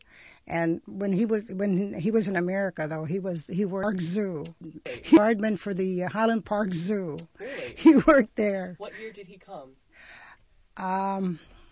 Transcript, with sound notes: And when he was, when, when he was in America though, he was, he worked, he was a guardman, guardman for the Highland Park Zoo.
Really?
(she laughs) He worked there.
What year did he come?